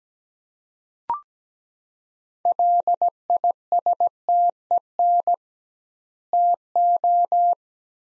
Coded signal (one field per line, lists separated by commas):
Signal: Morse code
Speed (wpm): 17 wpm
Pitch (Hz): 700 Hz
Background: none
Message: LISTEN TO